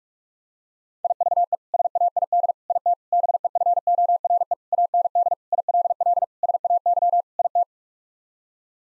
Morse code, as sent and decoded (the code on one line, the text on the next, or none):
.. ...- . / ... .- .. -.. / .. - / -... . ..-. --- .-. . / .- -. -.. / .. .-.. .-.. / ... .- -.-- / .. -
IVE SAID IT BEFORE AND ILL SAY IT